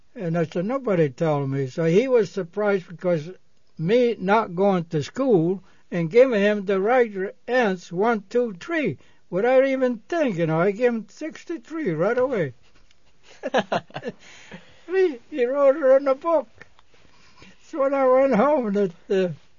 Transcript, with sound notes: And I said, " Nobody told me," so he was surprised because me, not going to school, and giving him the right answer one, two, three, without even thinking I gave him " sixty-three " right away. ( they both laugh ) Me, he wrote right in the book. So when I went home,